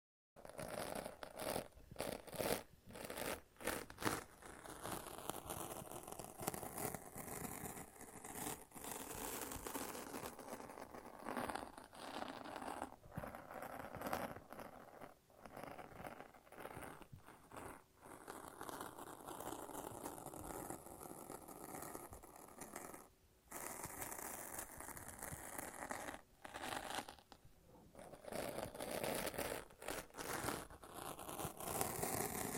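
Sticky tape and a lint roller peel and crackle, dense tearing rasps with brief pauses, a short silence near 23 seconds.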